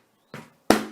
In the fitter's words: should go straight in and you'll hear a click to make sure it's in there securely